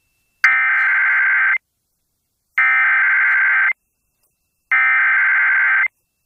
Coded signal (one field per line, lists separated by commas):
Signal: Emergency Alert System (SAME) tones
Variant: header bursts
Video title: [EAS] WQDR-FM - Tornado Warning Activation 1 - 1/9/2024